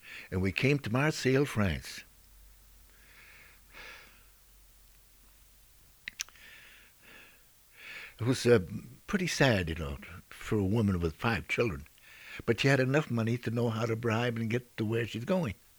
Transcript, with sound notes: And we came to Marseilles, France. ( he pauses ) It was pretty sad, you know, for a woman with five children, but she had enough money to know how to bribe and get to where she's going.